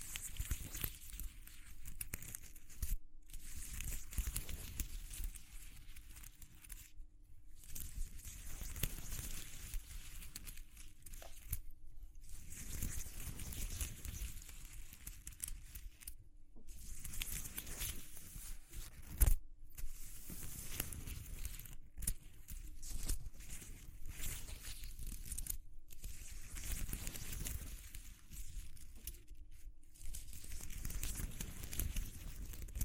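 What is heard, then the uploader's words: Textured crackling and rustling noise with bright hiss, broken by frequent abrupt silent gaps, over a faint steady low hum throughout. ASMR Exploring Textures (No Talking).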